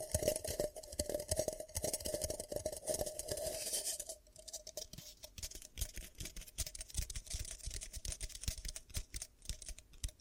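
Ear cupping triggers make dense, quick rustling and tapping sounds with many sharp clicks. For the first four seconds a bright, hissy muffled rush fills the background with a faint steady tone, then it drops away, leaving sparser, crisp taps and soft patter.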